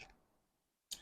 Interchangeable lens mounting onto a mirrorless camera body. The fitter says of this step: and you hear that click